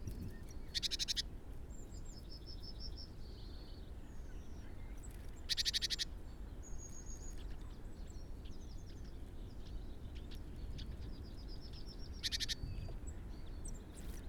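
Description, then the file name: Great tit giving short, harsh, rapid rattles, a few bursts spread throughout, among scattered high chirps and whistles over constant low background noise. "Parus major"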